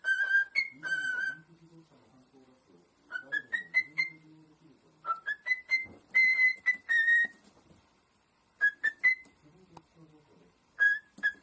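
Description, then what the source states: Cockatiel whistled song, short phrases of clear notes, several stepping upward in pitch, separated by pauses, with soft low sounds underneath. More than one cockatiel, whistling song.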